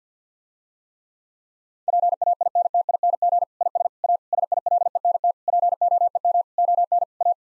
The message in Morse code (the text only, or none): PAINTING IS A SILENT POEM ON A